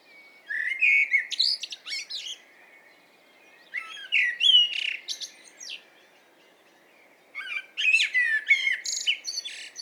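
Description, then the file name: Common blackbird singing three separate phrases, each a low mellow warble followed by a tumbling, high-pitched scratchy flourish. "Turdus merula"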